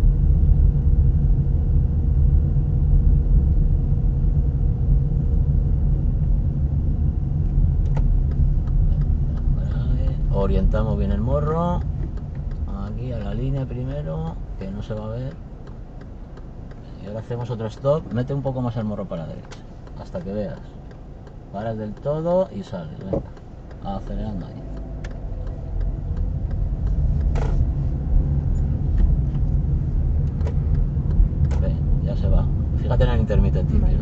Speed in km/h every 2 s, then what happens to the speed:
22, 22, 22, 19, 16, 14, 11, 2, 0, 0, 0, 0, 8, 17, 20, 22, 23.
4-14 slows to 2. 14-22 standing. 22-30 pulls away to 22.